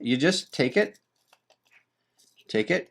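Someone talks while fitting a plastic attachment head, used for cleaning blinds, onto a cleaning tool's handle; it goes on only one way. Between the speech, faint short handling taps are heard around 1.3 s, 1.5 s and 1.7 s. Nothing has seated or clicked yet.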